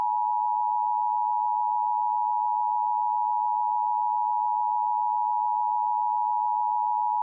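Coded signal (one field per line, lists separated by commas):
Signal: Emergency Alert System (SAME) tones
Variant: 853 and 960 Hz attention tone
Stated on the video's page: Fictional EAS scenario featuring repeated evacuation notices.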